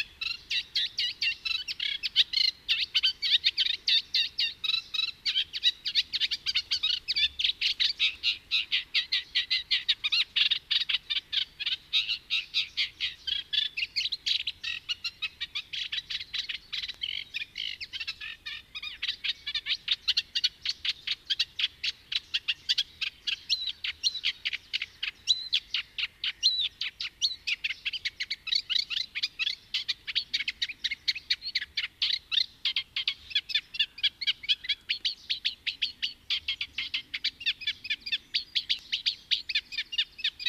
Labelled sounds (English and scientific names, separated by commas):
Eurasian Reed Warbler (Acrocephalus scirpaceus) song